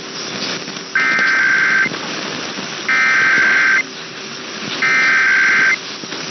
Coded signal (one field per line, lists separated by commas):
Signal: Emergency Alert System (SAME) tones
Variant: header bursts